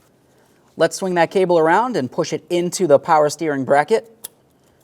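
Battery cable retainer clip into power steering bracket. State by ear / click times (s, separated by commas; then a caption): seated / 4.2 s. On a 2004-2015 Nissan Titan, the negative battery cable is swung around and its plastic retainer is pushed into the metal power steering bracket while someone talks. The retainer clips in and seats with a sharp click at 4.2 s.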